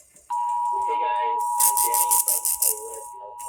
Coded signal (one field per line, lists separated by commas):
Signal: Emergency Alert System (SAME) tones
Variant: 853 and 960 Hz attention tone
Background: speech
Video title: NO NEW UPDATES HERE... Broadcast Radio/TV EAS: Required Monthly Test (EAS #844-852)